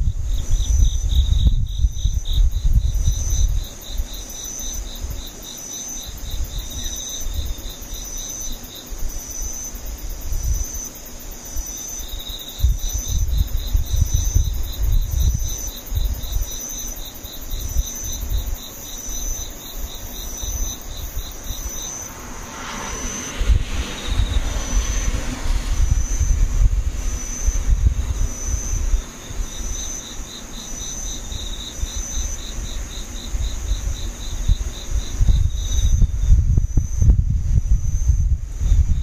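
Insects call steadily throughout: a high, even trill holds on without a break, while a lower pulsing chirp comes in long runs that stop around 9, 22 and 35 seconds. Beneath them a low rumble swells and fades, with a brief rustling burst near 23 seconds.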